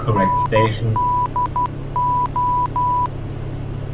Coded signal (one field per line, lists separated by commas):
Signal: Morse code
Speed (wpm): 12 wpm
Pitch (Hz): 990 Hz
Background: speech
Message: NDO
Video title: Radio Navigation Part 2 - ADF and NDB in Use